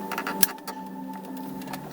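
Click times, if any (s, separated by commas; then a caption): 0.4 s. On a Land Rover LR3, during a heated steering wheel install at the factory cigarette lighter, the orange vehicle wiring connector is pushed into the plastic intercept wiring loom connector. A few soft handling ticks over a steady tonal hum lead to one sharp, bright click at 0.4 s, and the connector is seated.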